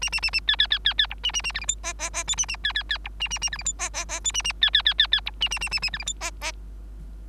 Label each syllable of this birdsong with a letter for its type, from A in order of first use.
A A A A B B B B B C A A A D E F G G G H A A B B B C A A A D E F G G G H A A B B B B B C A A A A A D E F G G